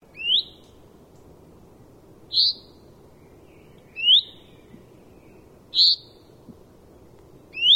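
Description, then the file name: Common chaffinch calling: a short, high, slightly rising note repeated about every one and a half to two seconds, five times, over quiet low background hiss. "Fringilla coelebs"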